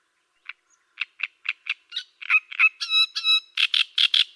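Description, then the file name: Great reed warbler song starting with spaced harsh chacks, then speeding into squeaky, rasping and croaking syllables that grow louder toward the end. "Cannareccione"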